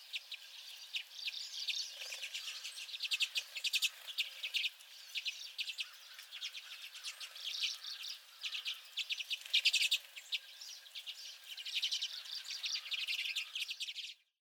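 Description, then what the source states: Common redpolls in a calling flock, steady overlapping chips and buzzy twitters that rise and fall in intensity before stopping abruptly at the end. A flock of several common redpolls.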